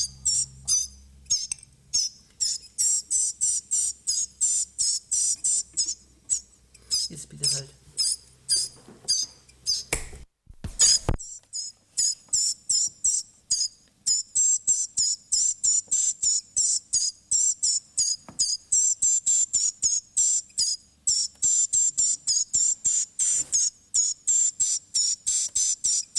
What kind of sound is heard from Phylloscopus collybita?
begging call